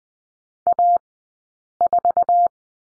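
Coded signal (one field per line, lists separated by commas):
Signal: Morse code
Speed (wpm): 20 wpm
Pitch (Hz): 700 Hz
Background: none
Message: A4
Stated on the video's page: Morse code course lesson at Farnsworth speed of 20/10 wpm, practicing the number 2.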